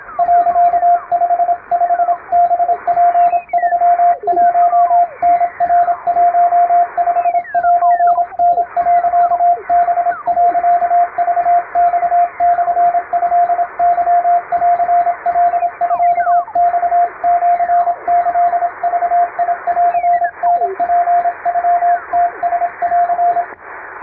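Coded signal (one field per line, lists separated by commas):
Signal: Morse code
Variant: Japanese Wabun code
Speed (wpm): 27 wpm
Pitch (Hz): 700 Hz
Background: radio noise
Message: 、55ハツ31タナ15セタ、ハ、クマモトケンカミマシキグンタツノムラン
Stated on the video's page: Japanese-language (wabun) telegram practice from radiotelegraph operator exam material, sent with an electronic keyer, with simulated real-world noise added.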